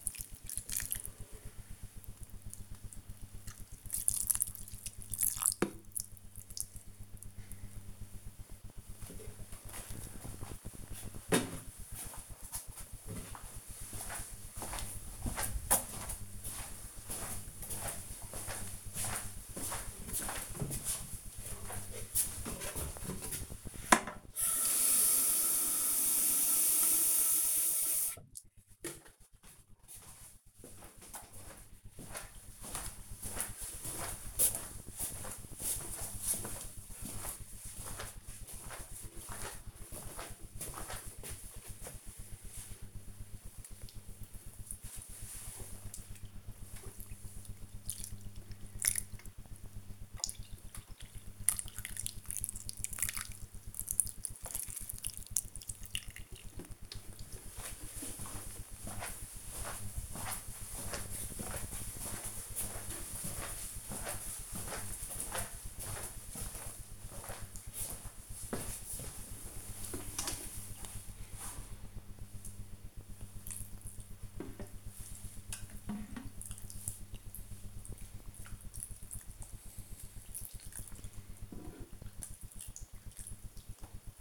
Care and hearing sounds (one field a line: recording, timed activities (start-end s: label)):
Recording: household activities, microphone on the right wrist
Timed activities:
0.00-9.15 s: watering plant
22.25-84.21 s: watering plant